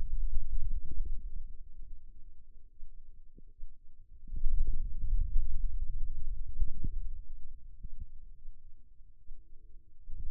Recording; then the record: forearm muscle sounds (acoustic myography)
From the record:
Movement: hand closing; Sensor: system 2, bracelet of six BSWA MPA416 microphones around the upper forearm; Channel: 1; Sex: male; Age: 22 years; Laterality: right